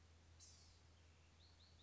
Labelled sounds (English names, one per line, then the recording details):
Blue-gray Gnatcatcher
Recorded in Sonoma County, California